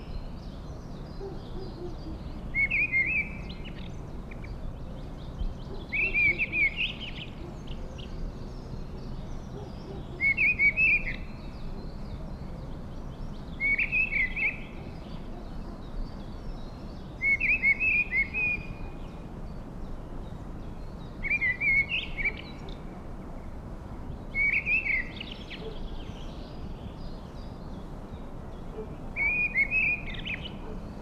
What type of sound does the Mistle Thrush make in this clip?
song